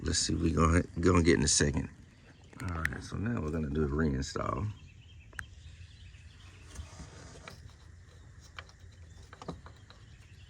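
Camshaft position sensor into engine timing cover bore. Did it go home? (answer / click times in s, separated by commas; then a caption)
no / none. Someone talks while the exhaust camshaft position sensor from a 2017 Chevrolet Impala is handled for reinstall into its bore in the engine timing cover, followed by quiet handling with a few faint sharp ticks. Nothing has seated or clicked into the bore yet.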